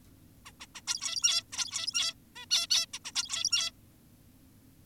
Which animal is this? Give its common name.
Zebra Finch